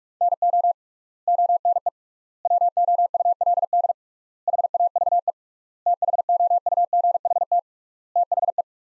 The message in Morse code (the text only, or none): NO ONE WOULD HAVE THOUGHT THE